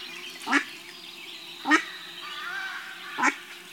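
American black duck giving three hoarse quacks spaced over a second apart, with a faint hum underneath.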